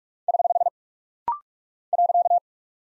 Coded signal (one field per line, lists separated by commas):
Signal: Morse code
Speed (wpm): 44 wpm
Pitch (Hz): 700 Hz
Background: none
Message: <HH> .